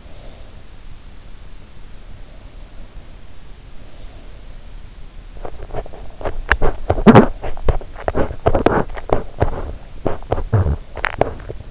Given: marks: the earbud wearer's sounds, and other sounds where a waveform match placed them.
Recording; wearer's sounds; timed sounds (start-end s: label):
sounds in sleep by an in-ear microphone; breath, body movement
0.00-0.68 s: breath
5.34-11.71 s: body movement